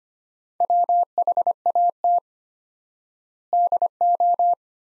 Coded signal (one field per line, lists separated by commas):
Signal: Morse code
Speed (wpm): 25 wpm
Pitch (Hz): 700 Hz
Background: none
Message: WHAT DO